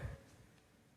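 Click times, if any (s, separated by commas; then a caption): none. Cartridges sit partly inserted in the metal chambers of a five-shot revolver cylinder, held by a flexible wrap-style KazTac Wrapid Loader speed loader, as the loader is handled. A brief, low rustling handling noise is heard at the very start, then fades to quiet room tone. Nothing has seated or clicked yet; the rounds have not dropped fully home.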